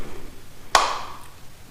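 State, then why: Partly seated. A foam cannon's male quick-disconnect plug is pushed into the coupler of a smaller MATCC pressure washer gun, giving one sharp snap at 0.8 s with a brief metallic ring that fades within about 0.4 s. The plug snaps into place, but the coupler's locking sleeve will not engage, so the fit is not fully home.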